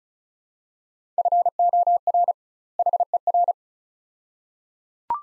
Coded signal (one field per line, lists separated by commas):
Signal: Morse code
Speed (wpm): 36 wpm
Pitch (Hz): 700 Hz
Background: none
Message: FOR HER